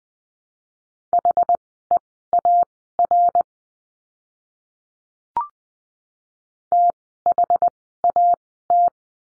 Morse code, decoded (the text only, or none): HEAR THAT